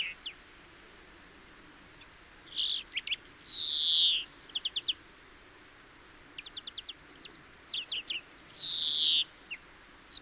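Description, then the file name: European greenfinch giving two long nasal wheezing buzzes, each surrounded by short trills and chirps, with a quiet gap between the bouts. "Chloris chloris"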